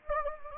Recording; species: mosquito wingbeat signal from an infrared sensor; Anopheles gambiae